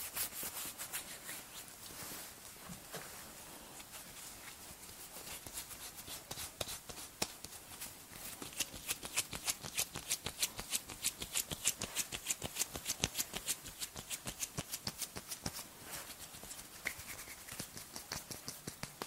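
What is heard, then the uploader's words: Crisp tapping and rubbing against the skin, with dense clicky touches that speed up and grow sharper after the first few seconds. The strokes are bright and quick, coming in irregular bursts over a faint steady hiss. No voice is heard. ASMR Relaxing Massage (Cleansing, Face Touching, Body Mousse, Personal Attention, No Talking).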